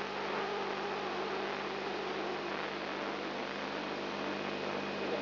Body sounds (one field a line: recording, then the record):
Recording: brain microelectrode recording played as sound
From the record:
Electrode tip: outside the subthalamic nucleus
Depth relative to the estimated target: -3 mm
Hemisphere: left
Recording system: AlphaMap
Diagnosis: Parkinson's disease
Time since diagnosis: 10 years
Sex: male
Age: 56 years